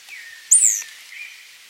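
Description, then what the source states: Bird giving a single high, thin whistled note that slides downward, with faint softer whistles before and after against a quiet background. Bird song labelled tuquiraya.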